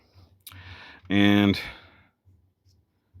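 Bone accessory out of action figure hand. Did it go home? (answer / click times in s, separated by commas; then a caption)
released / 0.5 s. A plastic bone accessory is pulled back out of a NECA TMNT x Universal Monsters Leonardo as "The Hunchback" action figure's hand, where it had popped into place in a tight death grip. A sharp click at 0.5 s marks it coming free. Someone then talks briefly.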